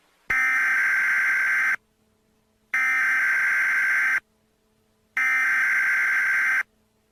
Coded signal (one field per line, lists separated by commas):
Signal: Emergency Alert System (SAME) tones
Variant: header bursts